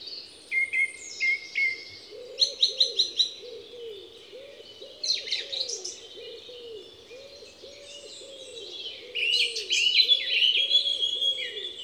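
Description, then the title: Song thrush song: whistled and twittering high phrases, one note repeated several times in quick succession, over a steady series of low arched calls repeated faster than once a second. Song thrush in Les Avenières Veyrins-Thuellin, France; recorded with a stereo parabolic microphone (EM172 capsule) and a Zoom H4n Pro recorder. "Envirhôna, Les Avenières Veyrins-Thuellin, France - Grive musicienne"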